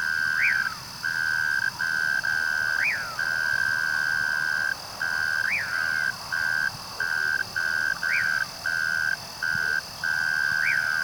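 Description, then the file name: Cricket trilling on one steady tone in long stretches separated by brief gaps, while short rising-and-falling whistle-like sweeps recur every few seconds. "Unknown Cricket. Dudley T Dougherty Natural Sounds Collection"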